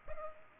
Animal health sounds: mosquito wingbeat signal from an infrared sensor; Culex pipiens

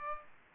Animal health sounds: mosquito wingbeat signal from an infrared sensor; Aedes aegypti

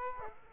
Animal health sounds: mosquito wingbeat signal from an infrared sensor; Aedes aegypti

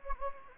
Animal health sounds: mosquito wingbeat signal from an infrared sensor; Anopheles gambiae

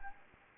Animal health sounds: mosquito wingbeat signal from an infrared sensor; Anopheles gambiae

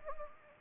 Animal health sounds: mosquito wingbeat signal from an infrared sensor; Anopheles gambiae

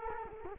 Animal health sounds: mosquito wingbeat signal from an infrared sensor; Culex quinquefasciatus

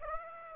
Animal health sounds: mosquito wingbeat signal from an infrared sensor; Aedes aegypti

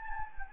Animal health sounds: mosquito wingbeat signal from an infrared sensor; Anopheles gambiae

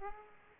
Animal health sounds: mosquito wingbeat signal from an infrared sensor; Aedes aegypti

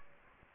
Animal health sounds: mosquito wingbeat signal from an infrared sensor; Aedes aegypti

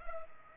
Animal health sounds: mosquito wingbeat signal from an infrared sensor; Culex pipiens

